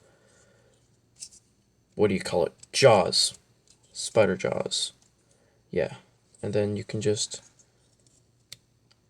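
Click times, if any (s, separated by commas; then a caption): 8.5 s. A chest panel on a plastic transforming action figure is collapsed inward and pressed into the body to hold the front together. Someone talks, then a single sharp, fast-decaying click is heard at 8.5 seconds as the panel snaps into place.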